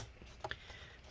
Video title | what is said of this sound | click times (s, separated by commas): HP Laptop 17-by0053cl Disassembly RAM SSD Hard Drive Upgrade Repair Battery Replacement | all right just like that and then go along the front here clip that all in there we go | 0.4 s, 0.5 s